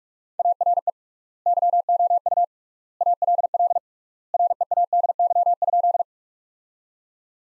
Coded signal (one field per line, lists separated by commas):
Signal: Morse code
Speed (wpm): 46 wpm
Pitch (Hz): 700 Hz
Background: none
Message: ARE YOU ALL READY?